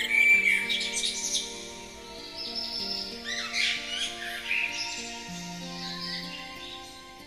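Bird chirps open with a short clear whistle, then scattered high twitters and warbles continue above quiet, held low tones.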